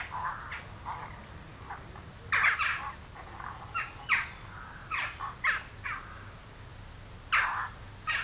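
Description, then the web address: Western jackdaw calls, sharp clipped chack notes in irregular bursts, several birds calling, with a low background rumble. "Effects 02-Birds, Insects Animals. Birds Crown Jackdaws"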